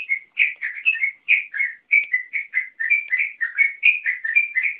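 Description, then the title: Oriental magpie-robin song of bright whistled notes, some rising, some dropping, strung together rapidly with tiny gaps between phrases. "Kicau Kacer"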